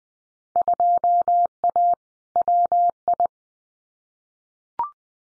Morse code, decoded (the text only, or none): 2A WI